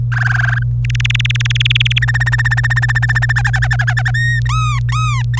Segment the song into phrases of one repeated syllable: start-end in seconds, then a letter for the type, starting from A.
0.12-0.63 A, 0.85-1.99 B, 2.02-3.32 C, 3.36-4.11 D, 4.14-4.40 E, 4.46-5.39 F